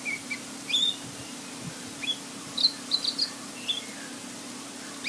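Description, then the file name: Ruby-throated bulbul singing short, sharp whistled chirps in scattered clusters, some slurred upward, with a constant low electrical hum beneath. "cucakrantemas"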